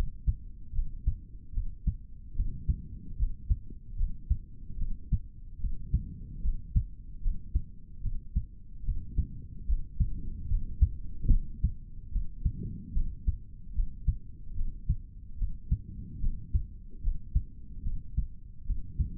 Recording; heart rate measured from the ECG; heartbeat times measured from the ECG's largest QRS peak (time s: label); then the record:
heart sounds by stethoscope; 74 bpm
0.73 s: heartbeat
1.52 s: heartbeat
2.34 s: heartbeat
3.16 s: heartbeat
3.96 s: heartbeat
4.77 s: heartbeat
5.59 s: heartbeat
6.41 s: heartbeat
7.21 s: heartbeat
8.01 s: heartbeat
8.83 s: heartbeat
9.66 s: heartbeat
10.47 s: heartbeat
11.29 s: heartbeat
12.10 s: heartbeat
12.93 s: heartbeat
13.73 s: heartbeat
14.54 s: heartbeat
15.37 s: heartbeat
16.20 s: heartbeat
17.01 s: heartbeat
17.83 s: heartbeat
18.65 s: heartbeat
From the record:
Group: healthy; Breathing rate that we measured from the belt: 18 breaths a minute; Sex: male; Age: 55 years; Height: 167 cm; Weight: 57.2 kg